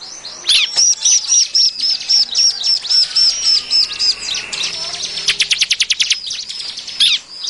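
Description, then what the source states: Bar-winged Prinia song: rapid high chirping notes in a running series, followed by a fast burst of sharp repeated ticks. Lure call for trapping birds.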